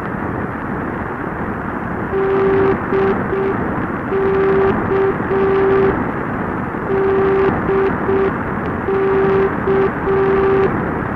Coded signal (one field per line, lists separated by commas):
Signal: Morse code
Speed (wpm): 6 wpm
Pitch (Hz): 390 Hz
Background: none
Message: DK DK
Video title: NDB Beacon DK 1,020,00 MHz Glotaevo airport, Moscow region, Russia